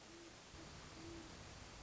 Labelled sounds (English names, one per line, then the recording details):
Great Horned Owl
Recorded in Sonoma County, California